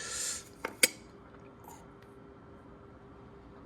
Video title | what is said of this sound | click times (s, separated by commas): Helping Another Subscriber With There Car Problems And I Found More Problems As The Day Goes On ??? | yeah just clicks in place like that a little bit on the back so I'll get it click in | 0.8 s